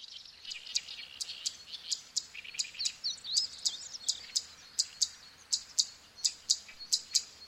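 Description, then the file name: Zitting cisticola calling with crisp, high clicking notes repeated steadily. "sekka"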